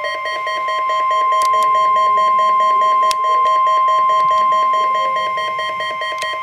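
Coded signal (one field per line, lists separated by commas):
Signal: Emergency Alert System (SAME) tones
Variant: 1050 Hz attention tone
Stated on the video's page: Required Weekly Test from NWS Sterling VA, received on NOAA weather radio station at 162.450 MHz, Silver Spring, MD.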